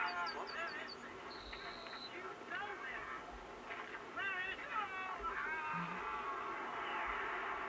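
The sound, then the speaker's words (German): A dense chorus of yellowhammers calling, with overlapping squawky, chattering cries, a quick run of high repeated notes at the start and a brief steady whistle, continuing throughout at moderate loudness. “Habt ihr die Vögel gehört?”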